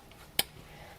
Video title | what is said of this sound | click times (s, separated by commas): Polyurethane Casting Using 3D Printed Molds | locks in ever so nicely here | 0.4 s